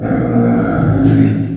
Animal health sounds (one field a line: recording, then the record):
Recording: squeal of a Yucatan mini pig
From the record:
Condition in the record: after surgery on the right vocal fold (resection and tissue-engineered implant)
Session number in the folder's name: 3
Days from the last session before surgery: 21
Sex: female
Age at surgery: 19 weeks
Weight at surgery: 25 kg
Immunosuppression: prednisolone